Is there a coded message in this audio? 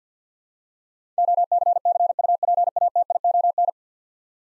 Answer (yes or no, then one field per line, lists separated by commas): yes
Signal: Morse code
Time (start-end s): 1.2-3.7 s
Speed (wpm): 50 wpm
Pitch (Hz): 700 Hz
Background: none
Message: OCCUPATION